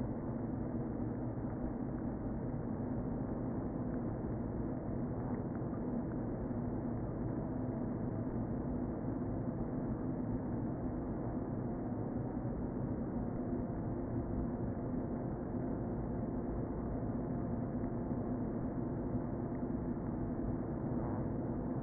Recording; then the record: honeybee colony, microphone inside the hive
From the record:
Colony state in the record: queen present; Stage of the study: before two queens were removed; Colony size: about 60,000 bees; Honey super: yes